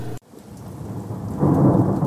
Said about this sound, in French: L'orage. Des nuages chargés en pluie. Un spectacle électrique.